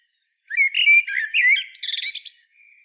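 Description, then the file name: Common blackbird warbling a single phrase of smooth low whistles followed by a rapid series of high squeaky notes. "Turdus merula"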